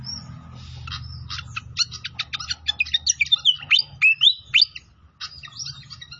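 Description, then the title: Pied fantail song: a thin whistle opens, then rapid chips build into loud, sweeping whistled slurs before a short pause and more chattering notes. Clear song with the sound of trickling water, used for songbird tutoring. "Masteran Sikatan Kipas Suara Jernih Dan Suara Gemericik Air"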